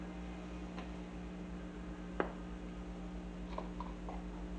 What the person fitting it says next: this time it clicked I heard it